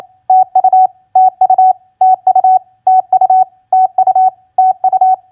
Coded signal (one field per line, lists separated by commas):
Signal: Morse code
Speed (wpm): 28 wpm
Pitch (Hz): 750 Hz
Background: none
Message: TU TU TU TU TU TU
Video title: Morse Code Practice QSO Elements Q5e TU-FB-CUAGN 28wpm